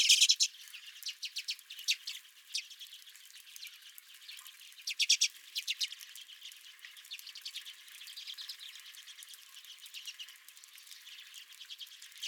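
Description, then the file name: Redpolls give rapid dry chattering, loud bursts early on, then a softer continuous twitter from several birds. Several redpolls at the recordist's feeder. "Redpolls at My Feeder"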